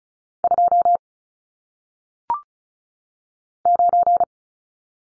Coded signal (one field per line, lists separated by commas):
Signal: Morse code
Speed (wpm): 36 wpm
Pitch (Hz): 700 Hz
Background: none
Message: 2 9